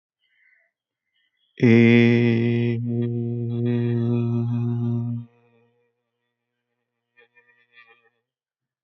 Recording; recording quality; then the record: sustained vowel as in made; excellent, no background noise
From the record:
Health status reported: healthy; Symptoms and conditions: none ticked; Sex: male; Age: 31 years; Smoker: not ticked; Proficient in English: yes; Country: India